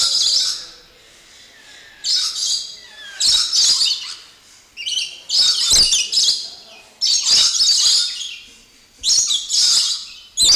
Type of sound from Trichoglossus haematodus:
call